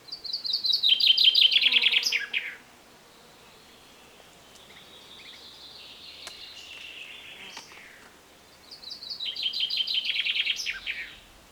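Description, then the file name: Common chaffinch singing two phrases, each a rattling descending trill closing with a sharp flourish, with fainter song in between. "Fringilla coelebs"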